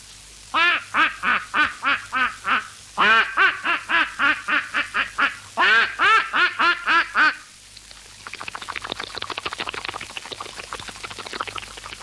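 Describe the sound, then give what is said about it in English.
A voice imitates a duck with rapid bursts of nasal, buzzy quacks in three quick runs, then switches to a steady, hissing, bubbly splashing sound like the bird entering water. “My first imitation will be a duck going in the water.”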